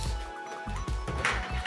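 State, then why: Not seated. The second foam wing of a Parrot Disco FPV drone is held the right way round, to avoid breaking it, and pushed onto the fuselage. Steady tonal hum sits under soft handling bumps, with two sharp knocks near 1.2 s and 1.7 s. Nothing has seated or clicked in yet.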